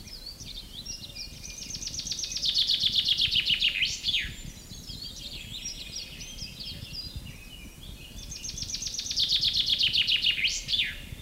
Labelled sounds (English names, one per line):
Common Chaffinch